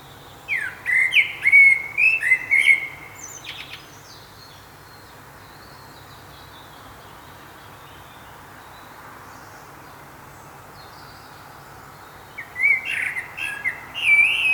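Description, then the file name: Common blackbird song: low fluty whistled phrases ending in squeaky high twitters, one burst early, then a long quiet gap before another phrase near the end. "Turdus merula"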